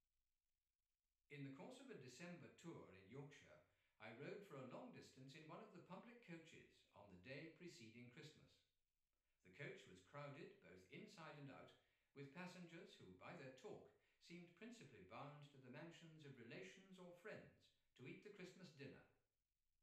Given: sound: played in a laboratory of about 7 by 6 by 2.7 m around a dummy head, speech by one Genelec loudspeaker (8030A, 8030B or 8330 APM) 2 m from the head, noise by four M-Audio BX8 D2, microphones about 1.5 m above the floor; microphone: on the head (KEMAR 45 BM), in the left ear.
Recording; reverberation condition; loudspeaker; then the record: male speech in English; medium; behind (180 degrees)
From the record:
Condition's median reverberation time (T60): about 510 ms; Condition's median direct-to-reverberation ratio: about -0.5 dB